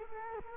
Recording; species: mosquito wingbeat signal from an infrared sensor; Culex quinquefasciatus